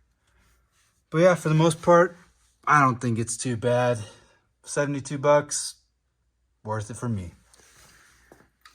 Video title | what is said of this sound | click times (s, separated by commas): 2nd Gen Tacoma Build: Episode 8 - Cab Mount Chop, Muffler Delete, Fuel Relocation + Body Work | here's this it's looking all right got that nice audible click | 8.7 s